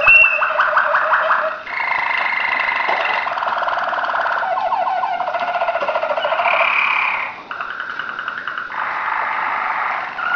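Waterslager canary song: a continuous chain of gurgling, rolling trills and bubbling tours that change pitch every second or two.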